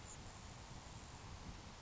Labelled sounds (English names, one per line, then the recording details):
Grasshopper Sparrow
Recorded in Sonoma County, California